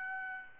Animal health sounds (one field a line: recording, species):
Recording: mosquito wingbeat signal from an infrared sensor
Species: Aedes albopictus